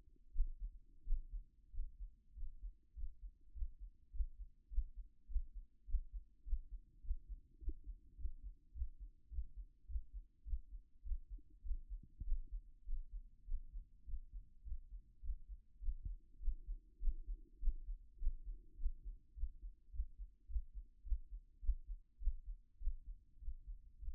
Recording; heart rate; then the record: heart sounds by stethoscope; 102 bpm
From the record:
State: at rest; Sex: female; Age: 26 years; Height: 180 cm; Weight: 85 kg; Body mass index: 26.23